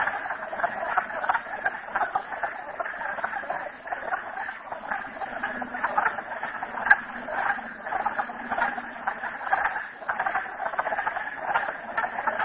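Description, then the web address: Frogs in full chorus, countless short clucking croaks merging into a steady rattle, with a faint low hum beneath. Frogs recorded at Merryspring. "audio frogs merryspring 42008"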